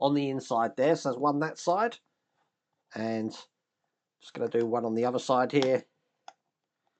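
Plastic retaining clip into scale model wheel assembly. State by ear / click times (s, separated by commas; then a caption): not seated / none. A small plastic retaining clip is being fitted into the second side of a 1:6 scale Ford GT500 Shelby Mustang model wheel to hold its two parts together. Someone talks while handling it, and faint sharp ticks are heard near 6.3 s and 7.1 s. Nothing has clicked or seated yet when the clip ends.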